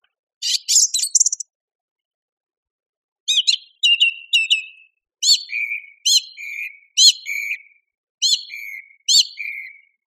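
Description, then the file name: Song thrush song: a chirpy opening burst, then a crisp three-note phrase repeated several times, with slurred whistles recurring at a steady pace. "suara-kicauan-burung-song-thrush -omkicau"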